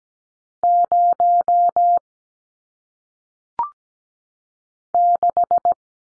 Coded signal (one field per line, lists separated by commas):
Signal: Morse code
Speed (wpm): 17 wpm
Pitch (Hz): 700 Hz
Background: none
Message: 0 6